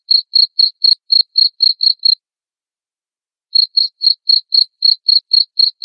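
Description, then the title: Cricket chirps in a fast series, a pause of about a second and a half, then the high pulses resume. Loud cricket chirping (ngerik) played to make lovebirds sing continuously (ngekek). "Suara JANGKRIK NGERIK Keras Bikin LOVEBIRD Jadi NGEKEK Terus Vubey"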